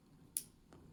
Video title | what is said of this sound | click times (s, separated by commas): 2021+ Ford Bronco: How To Fix Curt 56468 Trailer Hitch Wire Harness To Work With Halogen Tail Lights | click so once you've got both those swapped out just | 0.4 s